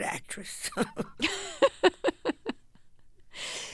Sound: laughter

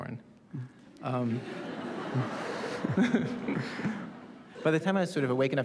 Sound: soundbite of laughter

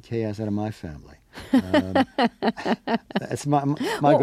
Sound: laughter

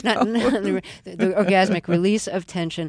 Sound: laughter

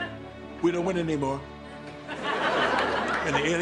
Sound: laughter

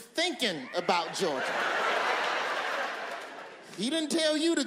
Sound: laughter

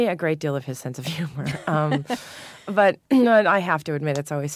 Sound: soundbite of laughter

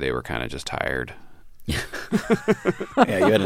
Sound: laughter

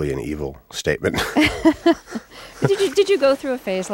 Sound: laughs

